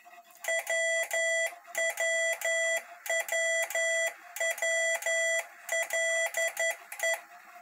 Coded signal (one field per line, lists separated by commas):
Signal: Morse code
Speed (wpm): 11 wpm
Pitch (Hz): 660 Hz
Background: none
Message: WWWWLE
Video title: Hell Morsegeber